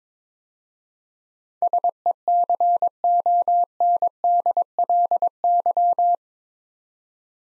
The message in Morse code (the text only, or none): SECONDLY